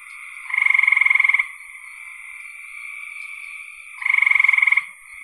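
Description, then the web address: Frog calls: two loud rapid pulsed trills a few seconds apart against a constant high trilling background. "cn frogs"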